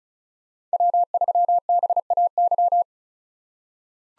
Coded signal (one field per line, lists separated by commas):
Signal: Morse code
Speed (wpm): 36 wpm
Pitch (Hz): 700 Hz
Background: none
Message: W3BAY